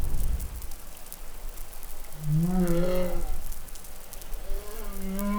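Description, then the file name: Humpback whale song: a low, slightly rising moan with rich harmonics holds steady for about a second, followed by upswept tones climbing toward the end. Recorded in New Caledonia on 20 July 2013. "Baleinea Bosse Nouvelle Caledonie 20130720 Glotin"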